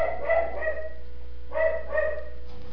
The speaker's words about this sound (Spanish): Bueno, ya empezaron los perros.